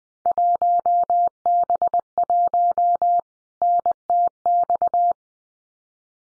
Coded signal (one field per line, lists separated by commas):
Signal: Morse code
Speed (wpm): 20 wpm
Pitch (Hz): 700 Hz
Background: none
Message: 1B1 NTX